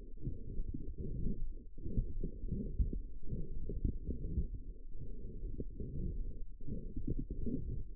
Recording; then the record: forearm muscle sounds (acoustic myography)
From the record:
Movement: forearm pronation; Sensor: system 1, eight BSWA MPA416 microphones around the upper forearm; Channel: 8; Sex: female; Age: 21 years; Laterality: right